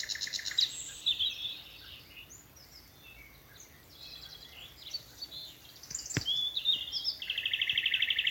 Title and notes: Sound Escape 11: the glorious song of nightingales from a Dorset wood. it's evening at Alners Gorse, a nature reserve in Dorset run by Butterfly Conservation . As the dew falls, the extraordinary song of nightingales rises from the thickets